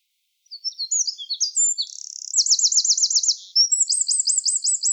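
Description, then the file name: Eurasian wren song: shrill, tumbling high notes followed by two rapid, rattling trills, energetic and continuous, with quiet background. "Troglodytes troglodytes"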